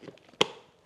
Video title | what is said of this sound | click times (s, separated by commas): Back Pain Relief Made Easy - Chirp Contour Decompression Table Review | Clicks into place and you're good to go. | 0.4 s